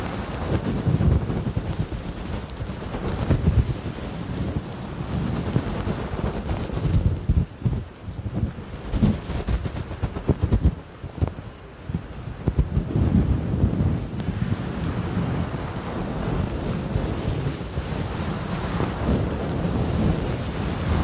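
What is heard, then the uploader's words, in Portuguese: Rain sounds fill the clip with a dense, low rumbling wash, softening and thinning between about seven and thirteen seconds before building back steadily. ASMR no Escurinho de uma Noite Chuvosa.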